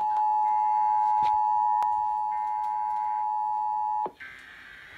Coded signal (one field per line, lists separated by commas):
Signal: Emergency Alert System (SAME) tones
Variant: 853 and 960 Hz attention tone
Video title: EAS #263-270 - BUNCHA TESTS